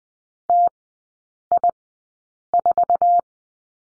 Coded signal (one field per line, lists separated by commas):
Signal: Morse code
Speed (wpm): 20 wpm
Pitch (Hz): 700 Hz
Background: none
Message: TI4